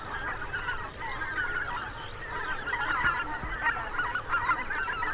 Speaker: Какой гвалт! Это тысячные стаи белолобых гусей носятся над речным островом.